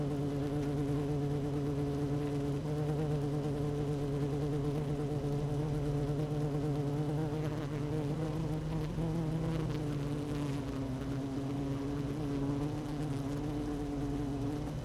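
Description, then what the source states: Honey bee hive drone, a constant deep buzz with wavering overtones, slight shifts in pitch partway through. Queen bee in hive 1, recorded 12 June 2018 at 16:30.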